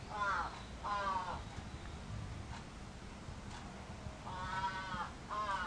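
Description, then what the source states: Crow calling with a pair of rough caws, then a silent gap with faint ticks, then two more harsh caws. Recorded 11 July 2011.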